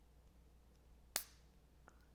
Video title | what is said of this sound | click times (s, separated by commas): How to Replace the Battery on a RAV4 Keyfob | and it just snaps right in then put this guy right in here | 1.2 s